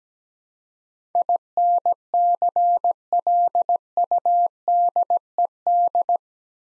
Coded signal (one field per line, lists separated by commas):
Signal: Morse code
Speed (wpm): 17 wpm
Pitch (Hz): 700 Hz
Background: none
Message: INCLUDED